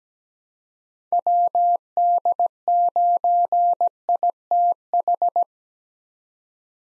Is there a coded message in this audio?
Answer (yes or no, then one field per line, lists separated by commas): yes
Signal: Morse code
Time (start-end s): 1.1-5.4 s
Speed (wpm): 17 wpm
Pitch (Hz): 700 Hz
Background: none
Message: WD9ITH